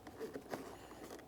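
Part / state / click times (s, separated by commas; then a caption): fog lamp assembly into bumper cover / not seated / none. A fog lamp assembly for a 2017–2024 GMC Acadia is handled with its adjustment point up as it is lined up with the opening in the plastic bumper cover. Soft rustling and handling sounds are heard, with a brief sharp knock at 0.5 s. Nothing has seated or clicked yet.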